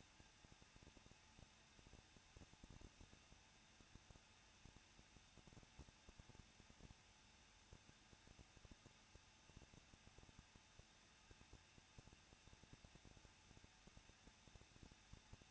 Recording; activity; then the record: daily activity, microphone in the room; no activity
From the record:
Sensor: 2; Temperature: 21.0 degrees Celsius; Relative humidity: 37.6%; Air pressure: 1006.3 hPa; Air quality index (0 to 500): 224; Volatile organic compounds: 25 ppm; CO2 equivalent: 2844 ppm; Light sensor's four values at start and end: 2/3/2/2 and 2/3/2/2